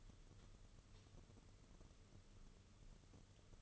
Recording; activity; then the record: daily activity, microphone in the room; light on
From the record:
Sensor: 4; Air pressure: 995.3 hPa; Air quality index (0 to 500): 212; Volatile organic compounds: 234 ppm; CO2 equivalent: 4318 ppm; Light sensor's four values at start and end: 9/21/8/10 and 9/21/8/10